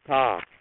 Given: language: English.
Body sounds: throat vibration sensor signal played as sound; speech

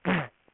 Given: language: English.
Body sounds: throat vibration sensor signal played as sound; throat clearing

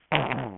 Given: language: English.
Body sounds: throat vibration sensor signal played as sound; throat clearing

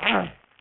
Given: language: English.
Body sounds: throat vibration sensor signal played as sound; throat clearing

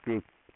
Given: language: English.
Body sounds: throat vibration sensor signal played as sound; speech

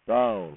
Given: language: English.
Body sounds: throat vibration sensor signal played as sound; speech

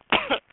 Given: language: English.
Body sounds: throat vibration sensor signal played as sound; cough

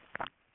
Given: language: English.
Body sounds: throat vibration sensor signal played as sound; swallow

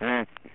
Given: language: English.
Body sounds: throat vibration sensor signal played as sound; speech

